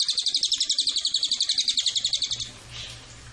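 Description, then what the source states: Cililin giving a high, rapid chattering trill of sharp repeated notes, running steadily for over two seconds before stopping. Tutor track for training cage birds and lure to attract Cililin.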